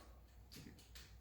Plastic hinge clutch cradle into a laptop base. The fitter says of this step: And you can kind of hear it click into place.